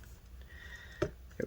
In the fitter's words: there we go those things are all clicked in nicely